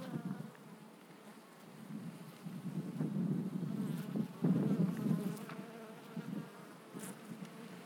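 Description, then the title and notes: Bee buzzing, a dense low hum that swells and fades as insects pass, loudest midway through. Bees flying in February at 16°C to collect hazelnut pollen, Langel, Cologne, Germany. "Langel, Köln, Deutschland - Bienen im Februar. Bees in February. Bei 16°C fliegen die Bienen auch im Februar, um Haselnusspollen zu sammeln"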